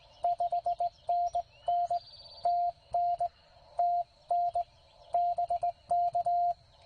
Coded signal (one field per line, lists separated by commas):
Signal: Morse code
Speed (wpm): 18 wpm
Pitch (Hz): 700 Hz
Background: none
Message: 5NN TN TN BK